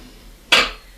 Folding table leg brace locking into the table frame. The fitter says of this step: Lift these up and you'll hear that nice popping sound to know that the legs are secure